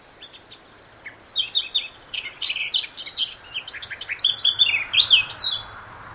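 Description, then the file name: Eurasian blackcap song: a fast, varied warble of sweet whistles and chattering notes building through the phrase, with soft background hiss. "Sylvia atricapilla"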